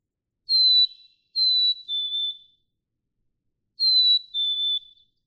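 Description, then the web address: Black-capped Chickadee gives a single high whistled note, then two clean whistled songs, each a high note followed by a lower one. "birdsongforthecurious songs Black-capped Chickadee"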